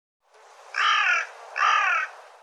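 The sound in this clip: Bird producing two hoarse, grating caw notes in quick succession, each about half a second long.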